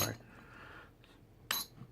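A click-type torque wrench is pulled on a bolt of a GY6 scooter engine during an SSP-G 180cc power kit install, with a loud clink at the very start and a faint tick near 1.0 s. The wrench gives a sharp, bright click at 1.5 s, confirming the bolt is torqued to 10 ft-lb.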